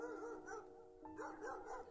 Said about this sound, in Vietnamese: Bất chợt từ đâu đó vọng đến bên tai của ông những tiếng chó sủa âm vang. Nhận ra đây là mấy con chó trong nhà hàng xóm, mông liền nhíu mày. Làm cái gì mà sủa nhặng lên như vậy, ồn ào quá.